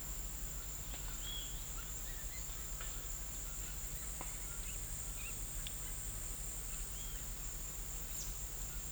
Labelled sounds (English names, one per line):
none